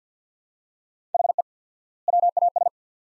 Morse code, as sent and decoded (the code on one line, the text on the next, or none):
.... . / .-- .- ...
HE WAS